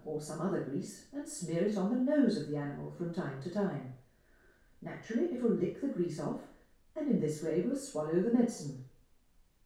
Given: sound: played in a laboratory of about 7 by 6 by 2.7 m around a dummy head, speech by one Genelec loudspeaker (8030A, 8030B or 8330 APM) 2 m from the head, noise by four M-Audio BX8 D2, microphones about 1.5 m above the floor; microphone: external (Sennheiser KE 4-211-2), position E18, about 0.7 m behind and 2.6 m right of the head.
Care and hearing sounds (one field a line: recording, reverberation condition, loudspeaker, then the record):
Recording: female speech in English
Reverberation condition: medium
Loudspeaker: 150 degrees to the right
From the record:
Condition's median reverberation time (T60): about 510 ms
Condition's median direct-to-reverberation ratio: about -0.5 dB